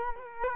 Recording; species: mosquito wingbeat signal from an infrared sensor; Culex quinquefasciatus